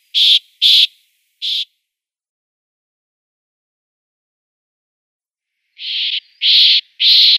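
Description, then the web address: Corsican nuthatch song of loud buzzy nasal notes: three in the first two seconds, a long pause, then three more closely spaced near the end. "Schulze Peter Corsican Nuthatch song"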